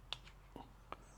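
The side release button on a magnetic quick-release camera mount is pushed, giving a sharp click at 0.1 s that releases a 360 camera quick-release adapter from its handlebar clamp mount. A fainter tap follows at 0.6 s and another clear click at 0.9 s, and the adapter then lifts off the clamp mount, released.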